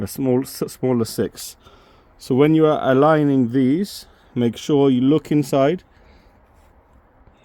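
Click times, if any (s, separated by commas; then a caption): none. The e-bike motor cable connector is being lined up with its mating connector, with the pins aligned by checking inside for the bigger holes before the halves are clicked and pushed together. Someone talks throughout, with brief pauses between phrases and a quiet stretch at the end. Nothing has seated or clicked yet.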